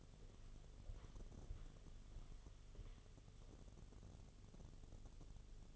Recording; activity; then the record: daily activity, microphone in the room; walk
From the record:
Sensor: 4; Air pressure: 1016.2 hPa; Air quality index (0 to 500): 167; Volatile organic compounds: 6 ppm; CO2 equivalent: 1904 ppm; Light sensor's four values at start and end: 10/22/9/8 and 10/22/9/8